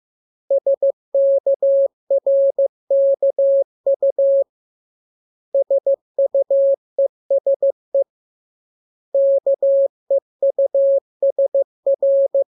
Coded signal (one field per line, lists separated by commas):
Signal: Morse code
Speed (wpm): 15 wpm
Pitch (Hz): 550 Hz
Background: none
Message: SKRKU SUESE KEUSR